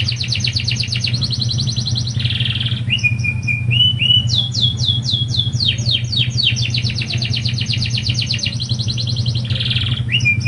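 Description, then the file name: Lancashire canary in continuous song: long rapid trills, buzzy bursts, clear whistles and rolling sweeps, accompanied throughout by a low steady hum. "kenari lancashire"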